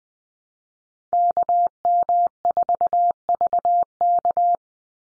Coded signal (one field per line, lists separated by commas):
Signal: Morse code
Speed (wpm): 20 wpm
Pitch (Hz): 700 Hz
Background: none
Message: KM4VK